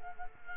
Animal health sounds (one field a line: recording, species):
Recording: mosquito wingbeat signal from an infrared sensor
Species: Culex quinquefasciatus